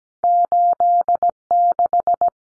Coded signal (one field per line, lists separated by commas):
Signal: Morse code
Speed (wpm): 17 wpm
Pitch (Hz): 700 Hz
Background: none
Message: 86